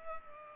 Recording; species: mosquito wingbeat signal from an infrared sensor; Culex pipiens